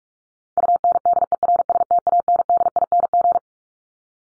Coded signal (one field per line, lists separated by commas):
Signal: Morse code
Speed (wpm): 44 wpm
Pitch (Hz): 700 Hz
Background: none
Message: UNDERSTANDING